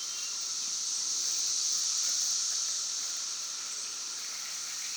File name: Cicadas at Broken Rock Falls 2016-06-11 512 pm